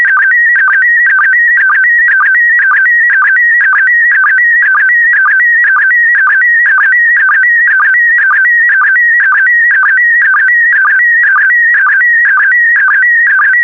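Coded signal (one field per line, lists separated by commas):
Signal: SSTV (slow-scan television)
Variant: PD120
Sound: steady warbling whistle near 2 kHz with a brief low chirp twice per second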